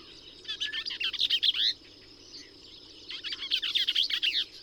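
Bell's vireo song: two quick scratchy chattering phrases, separated by a pause over a second long, with a background hum.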